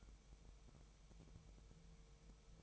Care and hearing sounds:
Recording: daily activity, microphone in the room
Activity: take from stove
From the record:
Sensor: 1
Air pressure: 999.3 hPa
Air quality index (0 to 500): 199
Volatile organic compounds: 41 ppm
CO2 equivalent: 3160 ppm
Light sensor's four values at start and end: 9/22/8/9 and 9/22/8/9

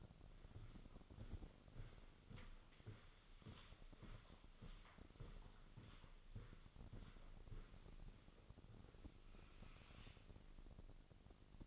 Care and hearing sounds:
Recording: daily activity, microphone in the room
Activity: walk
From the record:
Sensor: 4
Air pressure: 1010.1 hPa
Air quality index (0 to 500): 174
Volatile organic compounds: 2 ppm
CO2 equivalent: 1262 ppm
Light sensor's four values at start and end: 62/153/64/71 and 62/154/65/71

